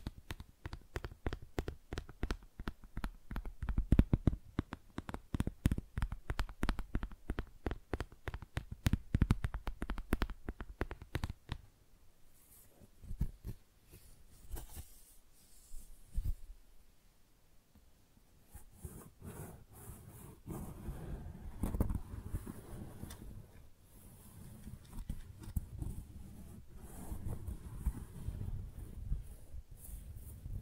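Tingly flower sounds: rapid crisp crinkling taps for twelve seconds, a quieter pause, then denser rustling and soft handling to the end.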